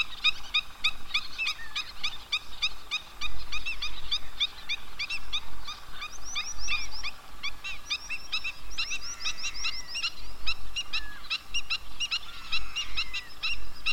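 At a pond, a dense chorus of small birds chirps and twitters without pause, with quick repeated high notes overlapping from several directions. Now and then a brief falling whistle cuts through, while a soft low rumble of wind sits underneath throughout.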